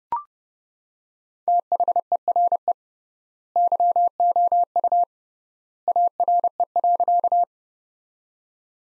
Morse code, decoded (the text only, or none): THERE YOU ARE.